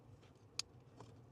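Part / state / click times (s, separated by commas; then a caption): throttle controller harness connector into vehicle throttle plug / seated / 0.6 s. A plastic throttle controller harness connector is pushed onto the vehicle's throttle plug on a Gen 3 Pajero NP (2004–2006). A sharp, bright click at 0.6 s marks the connector seating, followed by a much fainter tap at 1.0 s over a low steady hum. The connector is clicked in and confirmed seated.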